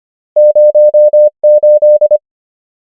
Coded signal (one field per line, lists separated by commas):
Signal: Morse code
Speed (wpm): 25 wpm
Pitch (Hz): 600 Hz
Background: none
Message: 0 8